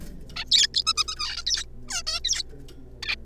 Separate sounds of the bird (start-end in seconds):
0.36-0.44, 0.51-0.67, 0.74-0.83, 0.87-0.94, 0.97-1.04, 1.08-1.16, 1.17-1.42, 1.47-1.64, 1.88-2.02, 2.07-2.20, 2.24-2.43, 3.03-3.15